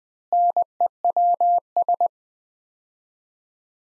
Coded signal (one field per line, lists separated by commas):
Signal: Morse code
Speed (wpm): 20 wpm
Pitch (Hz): 700 Hz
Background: none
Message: NEWS